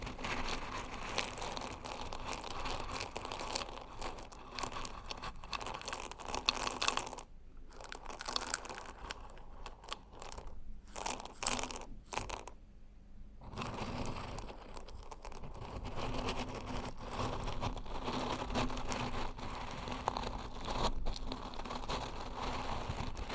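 Crunchy stirring rasps along almost without pause, a dense, gritty scraping that fills the low and high ranges alike. Around seven to thirteen seconds it breaks into short bursts with brief silent gaps, then returns to a steady, even churning until the end.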